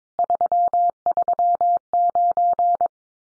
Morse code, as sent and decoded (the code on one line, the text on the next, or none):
...-- ...-- ----.
339